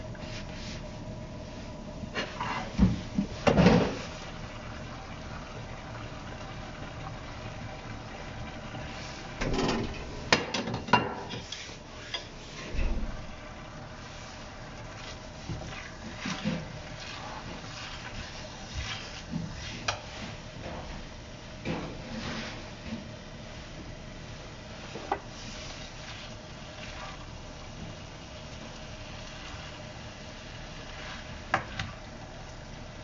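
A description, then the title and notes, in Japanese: Vegetables being chopped on a board, with sharp irregular knife taps and a louder cluster near four, ten and thirteen seconds, over steady low hum. 野菜を切る。カレーを作っている途中で野菜を切っている音。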